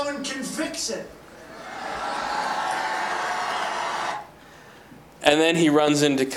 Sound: crowd cheering